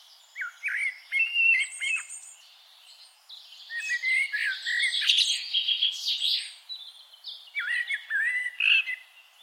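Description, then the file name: Eurasian blackbird song: melodious whistled notes in short groups, a dense stretch of scratchy high twittering in the middle, then more liquid fluted slurs near the end. "Turdus merula"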